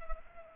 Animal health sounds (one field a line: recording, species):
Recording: mosquito wingbeat signal from an infrared sensor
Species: Culex pipiens